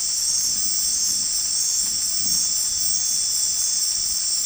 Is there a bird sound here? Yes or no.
no